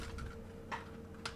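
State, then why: Seated. A seven-shaped hook latch pin on a plastic transforming robot figure is slid into place to lock the hip joint, adding stability to the hip. A softer scrape is heard around 0.7 s, then a short, sharp click at 1.3 s as the pin locks in over a faint steady hum. The pin is seated.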